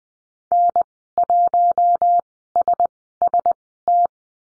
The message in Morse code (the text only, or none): N1SST